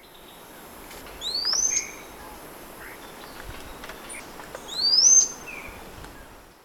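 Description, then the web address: Blue-rumped manakin calls: two high, thin upslurred notes, with a few softer, lower notes and a steady high hum in the background. Recorded in Ecuador. "Birds of Ecuador. Blue-Rumped Manakin"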